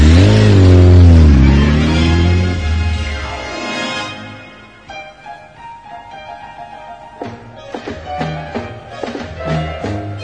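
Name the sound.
motorcycle engine revving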